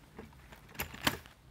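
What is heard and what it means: A finger in the groove underneath rocks the plastic soother unit of a Fisher-Price Soothing Motions bassinet (DPV72) back toward the bassinet frame, making faint handling rattles and a sharp knock at about 0.8 s. The latch releases with a small, crisp click at 1.1 s, freeing the detachable unit so it comes off the frame.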